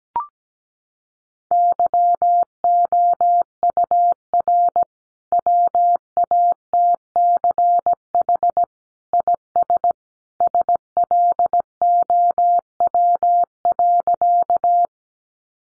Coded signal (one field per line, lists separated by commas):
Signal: Morse code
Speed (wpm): 17 wpm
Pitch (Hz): 700 Hz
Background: none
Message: YOUR WATCH IS SLOW.